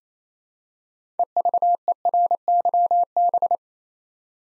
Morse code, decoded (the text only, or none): EVERYB